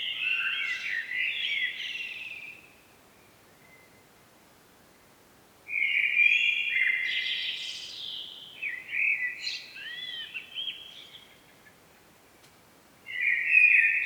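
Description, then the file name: Common blackbird giving loud, harsh chattering calls in separate bursts, some with squeaky, slurred notes, with silent gaps between. "Turdus merula"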